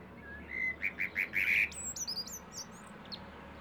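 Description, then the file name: Eurasian blackbird with several short mellow whistles in a row, then a thin, high warbling twitter over a low steady hum. "Turdus merula"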